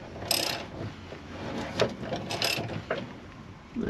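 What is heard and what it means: An underslung spare wheel carrier holding its wheel and tyre is wound up under a Fiat Ducato van chassis with a ratcheting mechanism, giving a series of sharp mechanical ratchet clicks. It clicks into its locked position at 2.4 s and is then rock tight and won't move.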